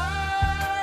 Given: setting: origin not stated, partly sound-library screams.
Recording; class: one-second piece from a danger detection set; normal situation